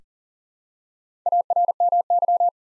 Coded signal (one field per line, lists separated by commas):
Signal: Morse code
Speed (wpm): 38 wpm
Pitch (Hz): 700 Hz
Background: none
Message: ARMY